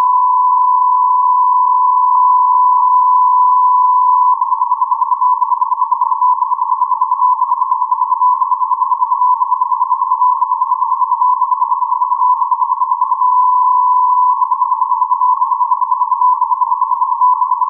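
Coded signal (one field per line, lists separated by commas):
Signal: radio time signal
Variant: Beta (RJH77)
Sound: continuous steady tone near 1 kHz with faint rapid regular level dips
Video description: 12:46 : Time code, on-off modulation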